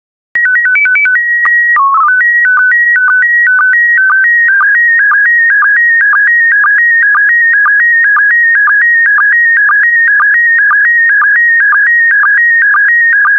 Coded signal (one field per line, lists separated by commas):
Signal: SSTV (slow-scan television)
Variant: PD 120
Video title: 49014 Apes SSTV PD120